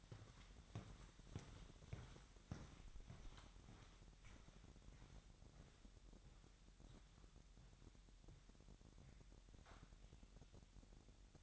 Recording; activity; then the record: daily activity, microphone in the room; walk to room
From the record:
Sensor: 3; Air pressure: 1012.2 hPa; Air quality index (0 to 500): 148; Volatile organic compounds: 2 ppm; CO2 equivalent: 1133 ppm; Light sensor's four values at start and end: 128/307/126/116 and 132/314/129/118